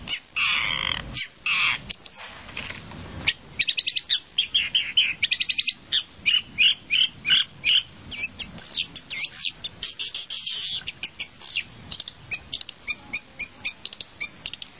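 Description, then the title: Long-tailed shrike song, a busy medley of scratchy chatters, clicks and brief whistles, loud and dense at first, then broken into quick repeated notes. "Kicau Burung Pentet"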